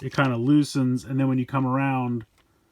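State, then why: Not seated. A plastic Revolve Change Figure Boostriker toy bike section is handled and rotated around as someone talks, ahead of its ratcheting transformation joint clicking into place. Nothing has seated or clicked yet, and the clip ends in near silence after the talking stops.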